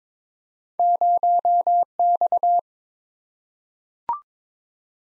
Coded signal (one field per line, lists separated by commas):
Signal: Morse code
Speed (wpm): 22 wpm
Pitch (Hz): 700 Hz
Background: none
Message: 0X